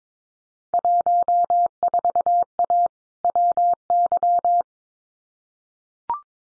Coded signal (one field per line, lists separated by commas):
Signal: Morse code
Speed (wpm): 22 wpm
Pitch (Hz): 700 Hz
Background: none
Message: 14A WY